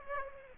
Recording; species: mosquito wingbeat signal from an infrared sensor; Aedes aegypti